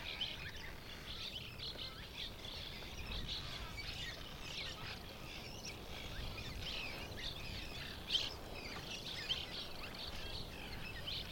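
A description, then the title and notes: Thousands of swallows chatter constantly around a cliff, their dense, overlapping chirps forming a bright, busy wash that barely varies in level. A low rumble of wind or noise runs underneath, and a couple of sharper calls stand out near eight and nine seconds. Cliff Swallows at Late-Morning At Columbia National Wildlife Refuge. Traveling into the refuge, I came upon a Cliff Swallow rookery. Thousands of swallows, darting in and out of the cliff, hanging in hundreds or thousands of nests. A great cloud of swallows would pester the hawk until it left.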